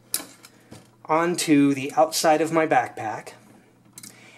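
A solvent jar's metal carabiner is clipped onto the outside of a backpack, and its spring gate snaps closed with a sharp tick at 0.1 seconds. Someone talks afterward, and a couple of faint ticks follow, the last near 4.0 seconds.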